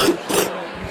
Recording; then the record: coughing mixed with background sound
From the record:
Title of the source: 30 Chesty and wet cough